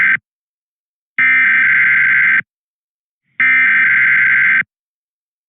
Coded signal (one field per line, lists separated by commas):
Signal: Emergency Alert System (SAME) tones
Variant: header bursts